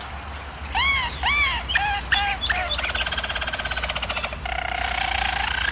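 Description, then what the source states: German Roller canary giving several clear arched whistles, then a fast, evenly pulsed roll and a lower sustained tone; low hum in background. Singing, used for canary song training.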